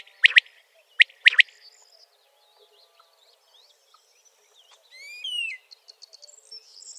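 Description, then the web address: Common quail giving two quick three-note calls at the start, then thin whistles and chirps from other birds. "rdewys. Kwartel"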